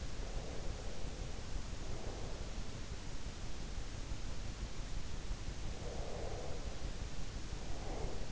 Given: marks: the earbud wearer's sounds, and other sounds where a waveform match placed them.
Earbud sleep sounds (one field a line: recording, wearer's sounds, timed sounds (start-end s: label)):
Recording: sounds in sleep by an in-ear microphone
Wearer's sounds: breath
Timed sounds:
0.29-2.61 s: breath
5.75-8.32 s: breath